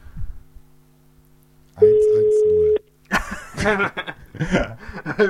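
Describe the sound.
A steady, mid-pitched telephone dialing tone sounds loudly for about a second as the number 110 is called, then cuts off and a recorded voice starts speaking, announcing that the dialed number is busy.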